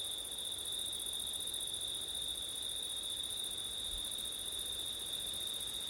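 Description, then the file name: Crickets producing a constant shrill trill, steady and unbroken across the whole stretch, with soft hiss below. Crickets singing on a September night, with wind. "crickets wind september night ortif"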